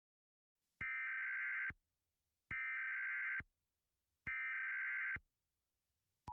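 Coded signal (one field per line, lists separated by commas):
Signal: Emergency Alert System (SAME) tones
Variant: header bursts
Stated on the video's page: Fictional EAS scenario for an Indianapolis tornado; simulated alert tones, recorded quietly.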